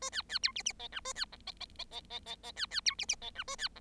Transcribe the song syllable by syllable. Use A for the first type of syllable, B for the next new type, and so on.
A B B C D D E F A B G E E E E E E E B B C D D E F A B G